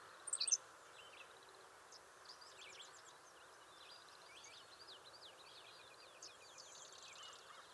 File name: Ammodramus henslowii - Henslow's Sparrow